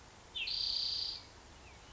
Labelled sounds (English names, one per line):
Spotted Towhee